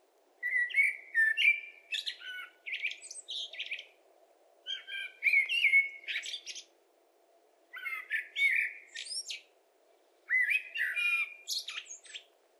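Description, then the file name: Common blackbird song: mellow warbled phrases around mid pitch, each ending in a thin high twitter, delivered in four bursts separated by short pauses. "Turdus merula"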